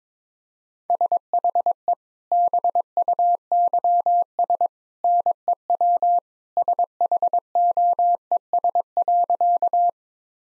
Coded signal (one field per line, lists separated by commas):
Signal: Morse code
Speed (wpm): 22 wpm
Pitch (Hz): 700 Hz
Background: none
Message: SHE BUYS NEW SHOES.